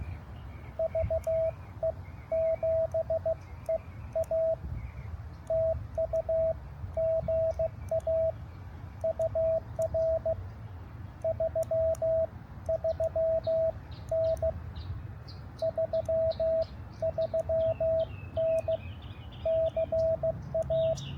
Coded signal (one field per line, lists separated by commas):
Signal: Morse code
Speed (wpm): 16 wpm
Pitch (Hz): 660 Hz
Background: radio noise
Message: VE7EA TU GA UR 33N 33N CA